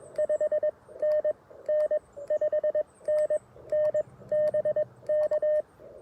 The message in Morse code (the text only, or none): 5NN 5NN BK